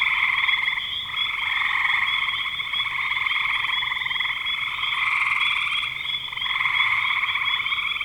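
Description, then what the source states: Many frogs trilling at once, a constant bright buzzing chorus. Frogs in spring 2025.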